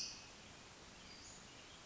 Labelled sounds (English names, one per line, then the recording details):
Western Flycatcher
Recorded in Sonoma County, California